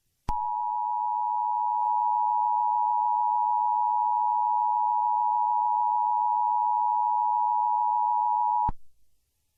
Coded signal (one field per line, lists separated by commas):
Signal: Emergency Alert System (SAME) tones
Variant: 853 and 960 Hz attention tone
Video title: EAS Mock #7 - Heatwave Warning